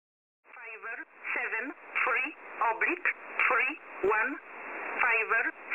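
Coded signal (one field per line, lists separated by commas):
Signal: numbers station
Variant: E11 Oblique, female voice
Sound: automated female voice reading short, evenly spaced words over narrow radio audio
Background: radio hiss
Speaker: was nicknamed oblique since the station uses the word oblique during transmissions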